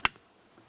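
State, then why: Seated. The wiring harness connector for the combination switch on a 2000-2006 Toyota Tundra is pushed into its mating plug under the dash. A single sharp, loud click is heard at about 0.1 s, followed by near silence with only faint, soft rustles. The connector clicks in and is seated.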